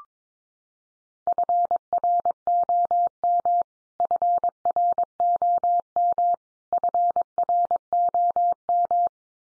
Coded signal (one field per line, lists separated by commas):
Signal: Morse code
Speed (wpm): 22 wpm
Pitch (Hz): 700 Hz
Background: none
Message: FROM FROM FROM